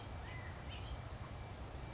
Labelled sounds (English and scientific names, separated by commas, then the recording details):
California Quail (Callipepla californica)
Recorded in Sonoma County, California